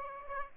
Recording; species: mosquito wingbeat signal from an infrared sensor; Aedes aegypti